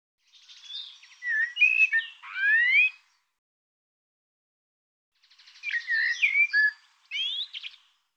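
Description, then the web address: Bird song in two bursts about two seconds apart, each a quick jumble of chirps and rising whistled notes, then silence between phrases. "cianscape birddata Deverinetal 2025 Bird Tu Me Tu Me"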